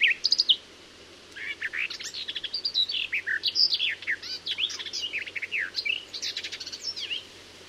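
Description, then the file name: Garden warbler singing a sustained, hurried warble of varied notes for about six seconds after a brief opening phrase; faint low hum beneath. "Fauvette des jardins"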